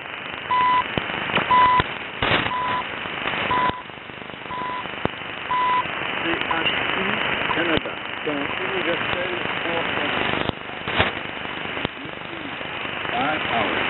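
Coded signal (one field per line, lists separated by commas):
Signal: radio time signal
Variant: CHU Canada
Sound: six short 1 kHz ticks, one per second, then a faint voice announcement through static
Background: radio static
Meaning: Each 1 kHz tick marks one second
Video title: 2018-03-23 - 05:18:35 - 3330 kHz - Time Signal CHU Canada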